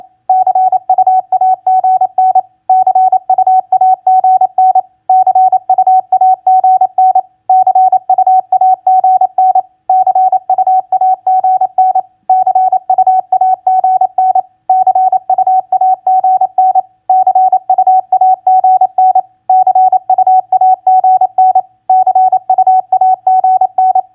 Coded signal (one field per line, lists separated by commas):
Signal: Morse code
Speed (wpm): 28 wpm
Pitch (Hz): 750 Hz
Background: none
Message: CUAGN CUAGN CUAGN CUAGN CUAGN CUAGN CUAGN CUAGN CUAGN CUAGN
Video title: Morse Code Practice QSO Elements Q5e TU-FB-CUAGN 28wpm